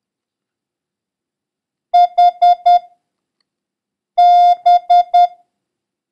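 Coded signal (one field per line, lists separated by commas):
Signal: Morse code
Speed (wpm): 10 wpm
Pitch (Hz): 710 Hz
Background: none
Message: HB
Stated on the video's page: Morse lesson covering the letters H, B, F and number 9.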